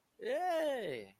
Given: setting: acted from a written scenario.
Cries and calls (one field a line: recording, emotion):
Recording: vocal sound without words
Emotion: ecstasy